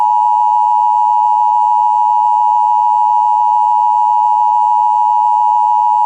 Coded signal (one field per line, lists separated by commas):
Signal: Emergency Alert System (SAME) tones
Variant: 853 and 960 Hz attention tone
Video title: The Blizzarnado - EAS Alerts from 3/31/2023